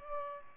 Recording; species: mosquito wingbeat signal from an infrared sensor; Aedes albopictus